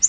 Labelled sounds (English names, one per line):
Yellow-rumped Warbler flight call